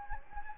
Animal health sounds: mosquito wingbeat signal from an infrared sensor; Anopheles gambiae

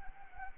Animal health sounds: mosquito wingbeat signal from an infrared sensor; Anopheles arabiensis

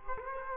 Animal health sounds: mosquito wingbeat signal from an infrared sensor; Culex quinquefasciatus

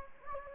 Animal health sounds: mosquito wingbeat signal from an infrared sensor; Anopheles gambiae

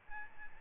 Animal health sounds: mosquito wingbeat signal from an infrared sensor; Aedes albopictus

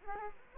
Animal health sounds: mosquito wingbeat signal from an infrared sensor; Culex quinquefasciatus

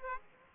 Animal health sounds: mosquito wingbeat signal from an infrared sensor; Aedes aegypti

